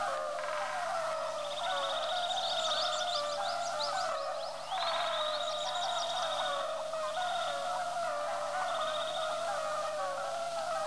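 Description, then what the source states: European fire-bellied toad chorus: steady, low, hooting calls overlapping without pause, while a bird sings a buzzy wheeze with twittered trills above. Calling constantly from pools left behind after the flood.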